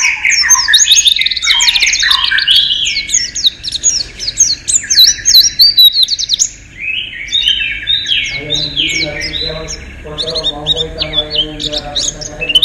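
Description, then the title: White-eye song: dense, busy twittering and chattering with sweeping high notes nearly throughout, with some lower warbled sounds underneath. "Pleci. Haji Ifa Kudus"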